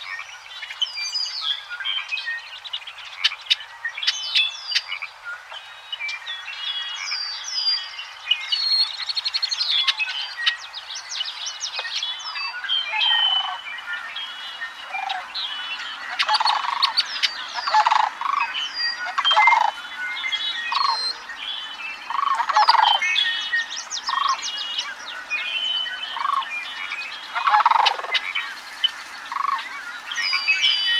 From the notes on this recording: dawn, just before a summer sunrise at Sauvie Island Wildlife Area... blue quail, ring neck doves, redwing blackbirds, bull frogs, pacific chorus frogs